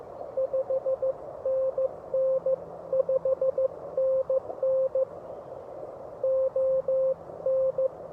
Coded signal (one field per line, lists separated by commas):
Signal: Morse code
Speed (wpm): 16 wpm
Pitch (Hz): 540 Hz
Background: none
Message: 5NN 5NN ON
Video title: Morse Code with Parks On The Air, K-2755 William B. Umstead State Park (Subtitles)